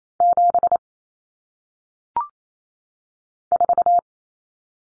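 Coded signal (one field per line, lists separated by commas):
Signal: Morse code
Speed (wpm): 28 wpm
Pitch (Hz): 700 Hz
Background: none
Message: 7 4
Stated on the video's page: Morse code practice drill of common cut numbers for single digits at 28 WPM.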